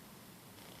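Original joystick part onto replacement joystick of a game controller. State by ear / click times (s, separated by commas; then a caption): not seated / none. A part taken from the original joystick of a game controller is being pressed, plastic onto plastic, onto the replacement joystick module. Only a steady, low rumbling handling noise is heard, with no sharp sounds and no talk. Nothing has clipped on or seated yet.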